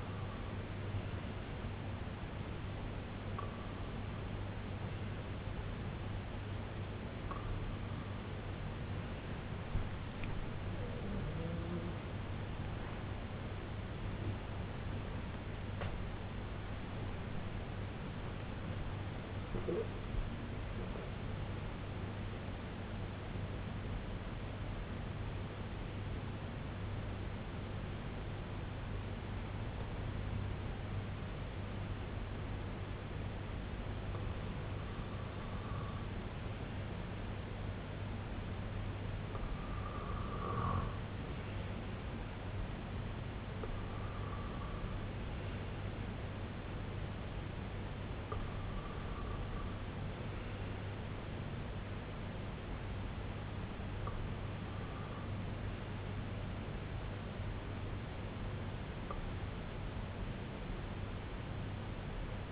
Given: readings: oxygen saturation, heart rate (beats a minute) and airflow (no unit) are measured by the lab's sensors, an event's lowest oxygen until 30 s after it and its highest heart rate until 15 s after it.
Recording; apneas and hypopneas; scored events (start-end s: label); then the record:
breathing in sleep by a voice recorder at the bedside; 1
21.00-38.60 s: hypopnea (N2, oxygen 95% highest, then 92% lowest, heart rate 88 at the start, 88 highest)
30.00-60.00 s: new sleep stage, N1 (lightest sleep)
60.00-62.52 s: new sleep stage, N2 (light sleep)
From the record:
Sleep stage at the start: N2 (light sleep); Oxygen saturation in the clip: 92 to 96%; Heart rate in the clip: 58 to 88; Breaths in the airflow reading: 13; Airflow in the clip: -7.6 to 6.7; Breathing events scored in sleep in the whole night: 258 in 7.4 hours asleep